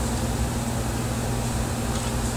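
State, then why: Not seated. A screw on a SONOFF smart switch module's housing or wiring clamp is tightened with a Phillips screwdriver, but only a steady low hum and broadband noise are heard, with no sharp sounds. Nothing has clicked or seated yet, so the alignment has to be double-checked.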